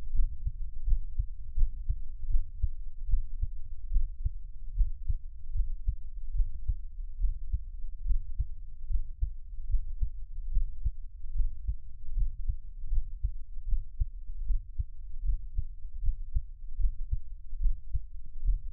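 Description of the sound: Soft, low thumping heartbeats repeat at about 76 beats a minute against a faint low hum, in a Taiwanese ASMR piece of an adult's own heartbeat, with no talking.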